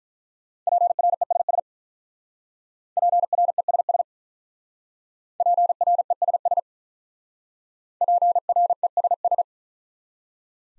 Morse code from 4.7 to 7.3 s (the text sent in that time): PRESS